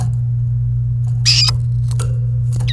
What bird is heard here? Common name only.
Domestic Canary